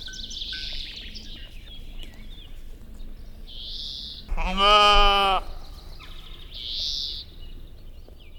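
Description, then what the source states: Sheep with a single bleat midway, between bursts of high bird song and faint tinkling tones. Sheep in summer, with bell.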